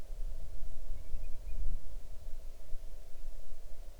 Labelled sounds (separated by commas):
bird